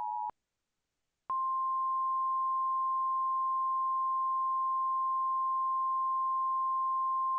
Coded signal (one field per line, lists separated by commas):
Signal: Emergency Alert System (SAME) tones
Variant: 853 and 960 Hz attention tone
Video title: Thunderstorm Part 1 Redux (EAS Scenario)